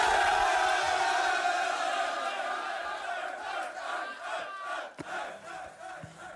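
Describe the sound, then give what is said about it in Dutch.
NEC football players celebrate in the locker room after a 2-1 play-off win over NAC: a loud, dense crowd of male voices shouting and cheering together, the roar staying steady before easing slightly near the end with a sharp clap-like hit. “Ja, dat klonk als een prima feestje in de kleedkamer.”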